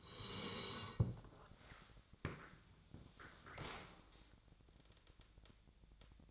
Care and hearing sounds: daily activity, microphone in the room; sit down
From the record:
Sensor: 3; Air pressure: 1000.4 hPa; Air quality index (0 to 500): 168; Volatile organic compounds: 3 ppm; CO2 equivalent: 1466 ppm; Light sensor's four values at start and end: 14/33/14/15 and 15/34/14/15

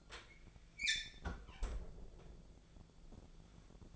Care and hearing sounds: daily activity, microphone in the room; close fridge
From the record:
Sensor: 5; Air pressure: 1000.1 hPa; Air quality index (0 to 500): 106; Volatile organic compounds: 1 ppm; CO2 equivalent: 854 ppm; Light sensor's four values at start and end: 222/530/225/245 and 219/522/221/241

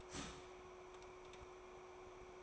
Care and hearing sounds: daily activity, microphone in the room; start toaster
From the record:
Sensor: 1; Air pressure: 1014.7 hPa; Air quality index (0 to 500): 195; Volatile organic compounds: 30 ppm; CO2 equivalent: 2952 ppm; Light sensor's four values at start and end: 4/9/3/3 and 4/9/3/3

